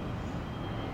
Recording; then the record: background sound without coughing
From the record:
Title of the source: 30 MINUTES Construction Site Ambience (CC BY 4.0)